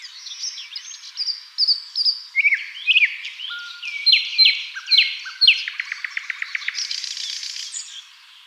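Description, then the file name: Common nightingale song: clear whistled notes and slurred phrases building into a fast series of repeated, chattering clicks near the end. "Luscinia megarhynchos"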